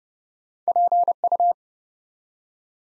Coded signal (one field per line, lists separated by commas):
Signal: Morse code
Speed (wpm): 30 wpm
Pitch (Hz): 700 Hz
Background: none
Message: PU